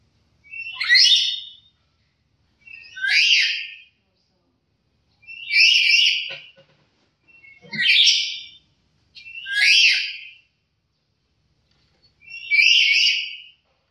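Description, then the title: Black-capped lory producing six harsh, nasal squawks spaced about two to three seconds apart, with nothing else audible. "Nuri kepala hitam"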